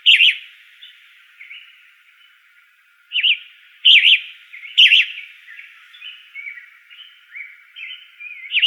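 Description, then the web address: Flame-colored tanager song: short burry, rising-and-falling phrases delivered in loose groups with pauses between, and fainter notes in between. In Arizona on 16 May 2004. "Tanagers AZFO FCTA. deviche 051604"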